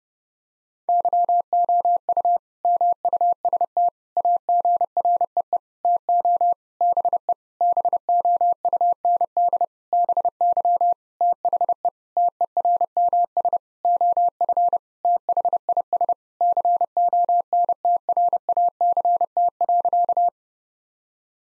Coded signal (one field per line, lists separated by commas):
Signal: Morse code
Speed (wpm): 30 wpm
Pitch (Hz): 700 Hz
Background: none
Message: YOU MUST AGREE TO BE BOUND BY THE TERMS OF THIS CONTRACT.